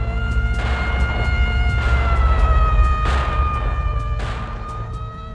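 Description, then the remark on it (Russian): A steady, droning chemical-alert alarm siren holds one unwavering pitch, while four heavy rumbling blasts break in at roughly regular intervals over a low, constant roar. “Химическая тревога! Химическая тревога!”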